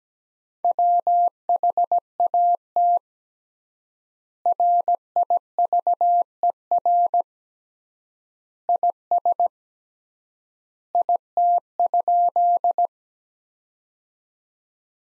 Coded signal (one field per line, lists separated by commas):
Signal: Morse code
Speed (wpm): 17 wpm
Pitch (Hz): 700 Hz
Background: none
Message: WHAT RIVER IS IT?